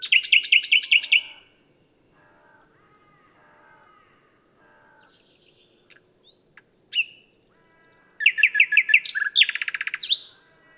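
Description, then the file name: Common nightingale singing a loud rapid trill, then quiet soft notes, followed by sharp chirps and a fast, forceful rattling series. "Luscinia megarhynchos"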